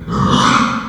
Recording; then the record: squeal of a Yucatan mini pig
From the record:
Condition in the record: after surgery on the right vocal fold (resection and tissue-engineered implant); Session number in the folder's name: 16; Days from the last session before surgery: 183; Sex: female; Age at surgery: 19 weeks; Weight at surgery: 25 kg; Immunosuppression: prednisolone